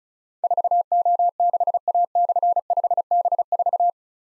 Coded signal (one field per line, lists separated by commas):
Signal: Morse code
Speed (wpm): 36 wpm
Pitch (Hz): 700 Hz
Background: none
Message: 4O6A/5B4